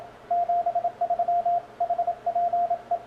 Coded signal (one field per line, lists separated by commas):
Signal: Morse code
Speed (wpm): 27 wpm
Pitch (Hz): 690 Hz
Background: radio noise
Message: 73 HPE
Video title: A Filosofia dos DX PY!AX